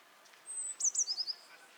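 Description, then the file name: Eurasian blue tit phrase: a faint thin high note, two sharp accented notes, then a short trill of four quick, slightly lower notes. "Cyanistes caeruleus"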